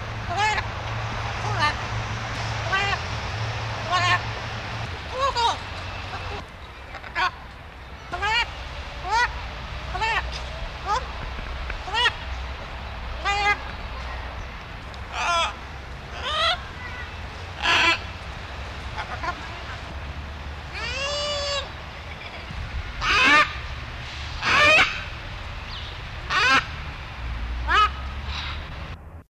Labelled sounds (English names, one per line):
Military Macaw call